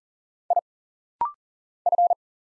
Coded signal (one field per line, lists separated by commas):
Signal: Morse code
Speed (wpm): 40 wpm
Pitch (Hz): 700 Hz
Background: none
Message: I F